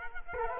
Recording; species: mosquito wingbeat signal from an infrared sensor; Culex quinquefasciatus